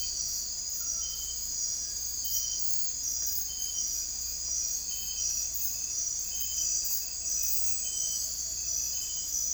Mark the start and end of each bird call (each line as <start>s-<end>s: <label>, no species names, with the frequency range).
7.39s-8.79s: bird call (0.4-1.1 kHz)